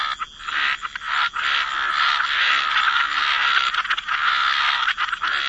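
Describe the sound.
Frogs in a dense chorus, many overlapping rasping croaks merging into a continuous buzzing wash, with a few brief gaps and a faint steady high tone throughout.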